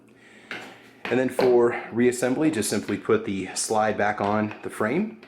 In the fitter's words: Make sure it's flat, it will lock into place on the barrel.